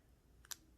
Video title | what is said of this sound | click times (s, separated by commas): [24] How To Pick Your First American 1100 - Picking Guide | and i felt like one just popped into place two | 0.5 s